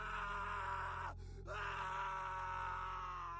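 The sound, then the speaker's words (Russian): A person lets out a long, strained, wailing scream that cuts off for a split second, then resumes and holds steady, with no talking. “Марух сделал 3 шага внутрь комнаты, когда сзади раздался крик.”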